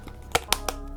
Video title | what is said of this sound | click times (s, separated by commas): LG Velvet Dual Screen Smartphone First Impressions Walkthrough | snaps right in and you can see right off the bat | 0.5 s